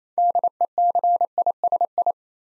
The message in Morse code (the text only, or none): DECISI